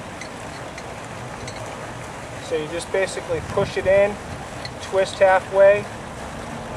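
A metal channel nut is being handled at a steel strut channel, pushed in and about to be twisted a half turn, while someone talks over a steady background rumble. Nothing has seated or snapped into place yet.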